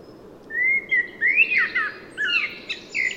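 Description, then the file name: Common blackbird, one smooth rising whistle followed by a tumbling fluty phrase and high, scratchy twittering notes. "Turdus merula"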